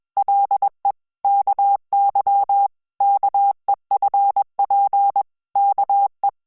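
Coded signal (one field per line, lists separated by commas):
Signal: Morse code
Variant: Korean alphabet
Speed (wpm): 21 wpm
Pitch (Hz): 800 Hz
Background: none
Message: 가 에 앉 아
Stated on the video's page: Hangul Morse listening practice sent at 20 WPM.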